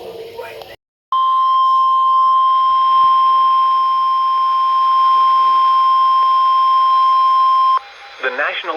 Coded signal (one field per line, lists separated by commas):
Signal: Emergency Alert System (SAME) tones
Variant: 1050 Hz attention tone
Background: speech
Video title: SLIGHT RISK BRACKET... EAS Alerts from 3/19/22 (EAS #880-885)